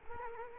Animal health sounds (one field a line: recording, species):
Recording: mosquito wingbeat signal from an infrared sensor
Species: Culex quinquefasciatus